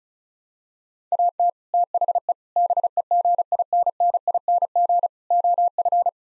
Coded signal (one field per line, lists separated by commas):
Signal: Morse code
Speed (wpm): 36 wpm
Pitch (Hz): 700 Hz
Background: none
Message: AT THE BEGINNING OF